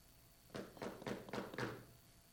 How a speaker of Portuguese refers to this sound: quem bate a porta? Francisco José, o pobre pecador que precisa da graça do Senhor Jesus.